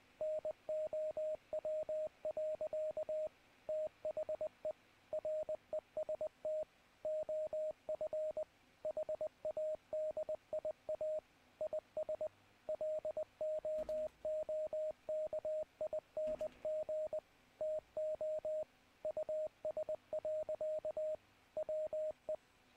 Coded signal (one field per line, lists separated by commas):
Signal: Morse code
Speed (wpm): 20 wpm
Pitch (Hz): 620 Hz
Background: radio noise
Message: NOW. THE REST OF HADIA IS LOOKING TO US. WE